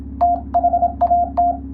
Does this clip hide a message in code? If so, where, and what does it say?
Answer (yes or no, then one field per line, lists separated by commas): yes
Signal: Morse code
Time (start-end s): 0.2-1.5 s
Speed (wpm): 27 wpm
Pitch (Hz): 700 Hz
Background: none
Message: THAT